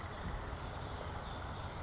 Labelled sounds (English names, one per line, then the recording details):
Brown Creeper
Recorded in Sonoma County, California